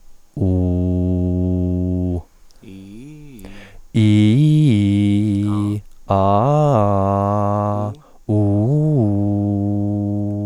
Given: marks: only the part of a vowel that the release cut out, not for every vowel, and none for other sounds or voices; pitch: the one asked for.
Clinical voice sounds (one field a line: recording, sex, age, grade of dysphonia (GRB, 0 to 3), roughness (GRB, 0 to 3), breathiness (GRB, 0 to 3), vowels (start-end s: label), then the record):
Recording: sustained vowels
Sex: male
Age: 40 to 49 years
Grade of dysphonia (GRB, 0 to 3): 0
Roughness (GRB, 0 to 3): 0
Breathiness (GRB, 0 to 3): 0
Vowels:
0.57-2.04 s: vowel /u/, low pitch
4.05-5.44 s: vowel /i/, low-high-low pitch
6.18-7.62 s: vowel /a/, low-high-low pitch
8.35-10.24 s: vowel /u/, low-high-low pitch
From the record:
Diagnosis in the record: hyperfunctional dysphonia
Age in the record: 40 years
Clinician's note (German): Stottern